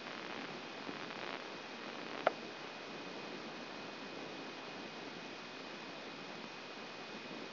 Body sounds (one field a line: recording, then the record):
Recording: brain microelectrode recording played as sound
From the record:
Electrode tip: outside the subthalamic nucleus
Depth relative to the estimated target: 4 mm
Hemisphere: left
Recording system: AlphaMap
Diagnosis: Parkinson's disease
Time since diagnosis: 7 years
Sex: female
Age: 56 years